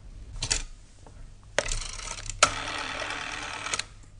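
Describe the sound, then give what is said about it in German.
In a hotel room, a telephone receiver is lifted with sharp plastic clicks and rattles, followed by a long stretch of scraping, mechanical handling noise that ends in a few quick taps. No one speaks. “20 Minuten danach hat er sein Hotelzimmer erreicht und greift nach dem Telefonhörer.”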